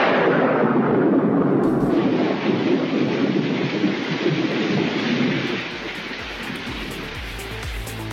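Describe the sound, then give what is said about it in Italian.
Heavy, steady rain pours down in a dense hiss while deep rolling thunder rumbles underneath, the downpour easing slightly toward the end. No one speaks. “Potrebbe essere peggio. E come? Potrebbe piovere.”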